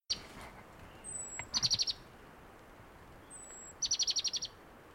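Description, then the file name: Great tit calls: a thin, high, slightly falling whistle followed by a rapid burst of several sharp ticking notes, the pattern given twice over a quiet background hiss. "Parus major"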